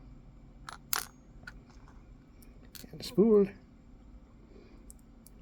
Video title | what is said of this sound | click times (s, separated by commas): ABUS 72/40 pick and gut (green belt submission) | A little further. And a pop. | 0.9 s